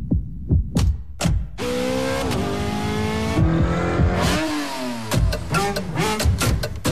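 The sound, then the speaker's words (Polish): In a radio advertisement for Shell V-Power Nitro Plus fuel, a few low thuds lead into a loud car engine revving hard, its pitch climbing and shifting for several seconds before dropping into throbbing, pulsing bursts of revs. “Kiedy masz je w baku, samochód, silnik i jego moc sprawią, że poczujesz”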